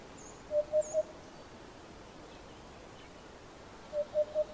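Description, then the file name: Eurasian hoopoe song: soft, low hollow hoots in triplets, oop-oop-oop, given twice about three seconds apart, with faint high chirps from other birds. "Abubilla"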